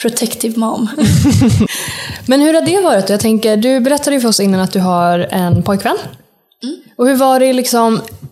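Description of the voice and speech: An adult woman speaks fluent, conversational Swedish at a moderate pitch with lively intonation, briefly overlapping the tail of another voice and a short chuckle at the start. Her voice is clear and smooth, with ordinary rhythm and brief natural pauses.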